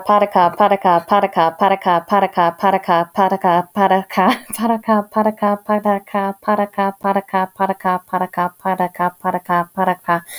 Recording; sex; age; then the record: repeated syllables /pa ta ka/; female; 20 to 29 years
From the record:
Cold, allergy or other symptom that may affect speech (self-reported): no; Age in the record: 28 years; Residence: Colorado, United States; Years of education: 16